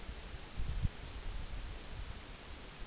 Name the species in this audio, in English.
none